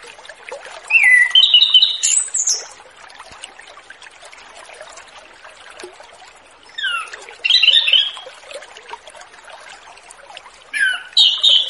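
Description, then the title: Orange-headed thrush song in three short bursts, each a quick jumble of high whistles and chattering notes, with quiet between. Relaxed ngeplong-style song, used as a lure to attract wild birds of the same species. "Anis Kembang Ngeplong Santai , Untuk Pancingan Anis Kembang Lepas"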